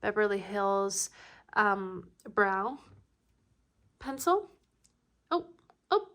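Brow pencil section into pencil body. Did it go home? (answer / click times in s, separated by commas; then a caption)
no / none. A nearly used-up plastic Anastasia Beverly Hills brow pencil is handled after a section comes apart from the pencil body, while someone talks. Brief handling sounds appear near the end, but nothing has seated or clicked back in yet when the clip ends.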